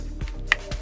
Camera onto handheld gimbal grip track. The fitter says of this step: and you'll hear it click into place it's that easy